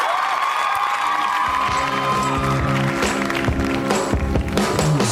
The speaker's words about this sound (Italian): Riccardo Buccero, applauso. Mettetemi l'applauso.